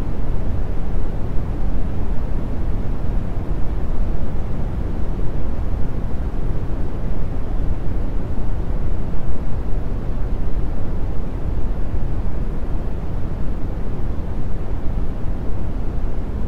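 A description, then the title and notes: Gentle wind as a steady, dense low rumble, heaviest in the deep range and softer up high, unchanging in level throughout. Gentle Wind Brown Noise for Sleep Hours of Soothing White Noise.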